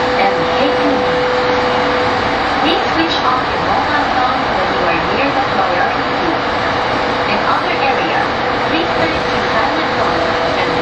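An E231-series Yamanote Line train runs with a steady rumbling roar, a sustained tone, and murmuring voices throughout.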